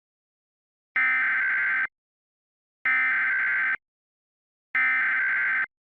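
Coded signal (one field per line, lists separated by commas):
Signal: Emergency Alert System (SAME) tones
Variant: header bursts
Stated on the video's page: Simulated attack warning made from a template.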